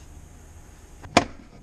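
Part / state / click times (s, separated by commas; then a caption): plastic trim cover into the rear interior panel of a car / seated / 1.2 s. A plastic trim cover is pushed, mostly one-handed, over the relocated battery wiring and into the rear interior panel of a CRX or EF Civic. After a faint tap near 1.05 s, a sharp, bright snap rings out at 1.2 s over low background rumble. The cover seats and snaps into place.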